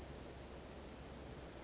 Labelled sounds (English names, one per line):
Western Flycatcher